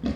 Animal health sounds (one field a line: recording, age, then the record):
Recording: pig call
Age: growing-finishing pig (85 days or more)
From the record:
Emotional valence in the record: negative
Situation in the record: barren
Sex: male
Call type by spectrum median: low-frequency call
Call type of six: low-frequency stable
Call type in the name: low-frequency stable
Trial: 4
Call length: 0.16 s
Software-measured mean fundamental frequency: 54 Hz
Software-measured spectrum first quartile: 183 Hz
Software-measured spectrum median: 266 Hz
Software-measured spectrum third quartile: 552 Hz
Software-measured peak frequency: 237 Hz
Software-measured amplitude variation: 181 dB a second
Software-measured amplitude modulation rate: 15.9 a second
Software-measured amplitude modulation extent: 11.4 dB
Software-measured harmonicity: 2.4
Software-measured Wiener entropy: -0.83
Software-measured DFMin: 551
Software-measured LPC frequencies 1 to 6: 272, 1819, 2518, 3413, 4104, 4761 Hz